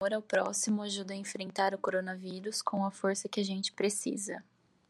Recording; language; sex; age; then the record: spoken sentence; Brazilian Portuguese; female; 30 to 39 years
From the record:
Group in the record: control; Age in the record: 31 years